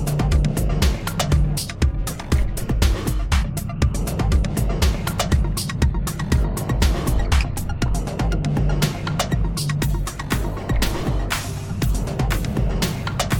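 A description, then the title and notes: Crowd noise from the US Open tennis tournament in New York, a dense, steady murmur of many voices with a low rumble beneath. Sharp clicks and knocks break through constantly at irregular intervals, and a low droning hum rises briefly near the start and again around nine seconds. This is my annual exploration of sounds from the US Open Tennis tournament, held in New York at the end of each Summer. Spectral gate, delay, and reverb from Logic Pro were used to process some of the sounds, and synth ambience was created within Alchemy.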